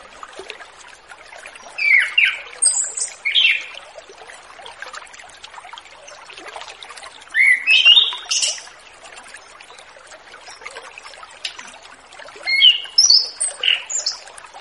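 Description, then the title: Orange-headed thrush song: three separate bursts of sweet, varied whistled notes with long pauses between them, over a steady background hiss. Relaxed, open-toned song used as a lure (pancingan) for young orange-headed thrushes moulting out of their spotted juvenile plumage (lepas trotol). "Anis Kembang Ngeplong Santai , Untuk Pancingan Anis Kembang Lepas Trotol"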